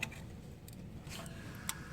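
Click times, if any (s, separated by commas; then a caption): 1.7 s. The electrical connector is plugged onto a newly replaced ABS wheel speed sensor on a Volkswagen, with a few faint ticks of handling near 0.0 s and 0.7 s. A sharp, bright click at 1.7 s marks the connector clicking in, fully seated on the sensor plug.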